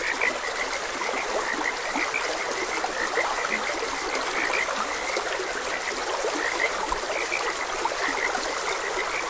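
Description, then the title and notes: Frogs: a chorus of brief, crowded croaks over a constant trickling stream. Frogs croaking beside a gentle stream. "Gentle Stream and Frogs Croaking. Sleep and Relaxation Podcast"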